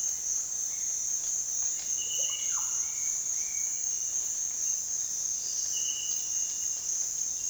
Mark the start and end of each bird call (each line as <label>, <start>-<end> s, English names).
Bright-rumped Attila, 0.00-4.28 s
Russet-backed Oropendola, 2.15-2.94 s